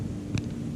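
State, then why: Seated. The bottom plastic clip of a throttle housing on a minibike handlebar is pressed on after the cable and guide are fitted. It pops into place with a sharp, short click at 0.38 s over a steady low hum, and the clip is seated.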